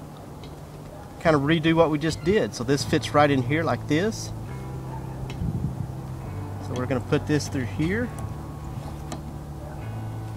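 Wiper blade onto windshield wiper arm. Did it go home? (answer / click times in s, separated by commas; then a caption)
no / none. A wiper blade is threaded through and lined up on a windshield wiper arm by hand while someone talks, with a steady low hum underneath. Brief faint ticks of handling are heard near 5.3 and 9.1 seconds. The blade has not yet been slid in or pushed home, and nothing has clicked or locked yet.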